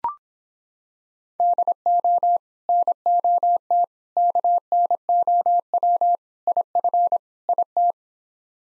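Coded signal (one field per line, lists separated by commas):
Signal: Morse code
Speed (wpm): 26 wpm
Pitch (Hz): 700 Hz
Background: none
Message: DO NOT KNOW IF IT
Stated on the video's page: Morse practice sets of five words at 17 wpm base speed, starting fast and slowing; fastest is 1.5 times slowest, final repeat at maximum speed.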